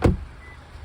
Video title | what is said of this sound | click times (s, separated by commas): New Car Update! 2022 Subaru Outback Limited - An Evolution of Subaru's Icon | yeah you can't even hear the latch which is a huge plus to me a lot of times you hear the little click when you hit the | 0.0 s